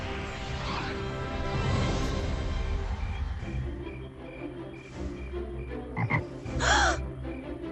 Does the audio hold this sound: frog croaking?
yes